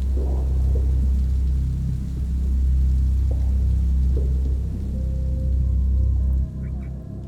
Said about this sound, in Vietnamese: Bất chợt một ánh chớp lóe lên, tiếp theo là tiếng sấm đì đùng như thiên lôi đang giận dữ. Những giọt mưa bắt đầu trút xuống, hòa lẫn với tiếng rít gào